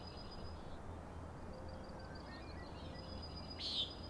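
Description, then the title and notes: Common nighthawk giving one short, harsh nasal peent near the end, after faint high thin whistles and a soft low hum. Three birds peenting, flying one after another in very close formation near the recordist, Schoodic Head overlook, Acadia National Park, Winter Harbor, Maine; 16 June 2017, 4am. "Common Nighthawks, Schoodic Head 061617 4am. 3 common nighthawks making peenting calls and wings booms but also a rattling noise at the Overlook (410 ft) on Schoodic Head (435 feet) Schoodic division Acadia National Park Winter Harbor, ME"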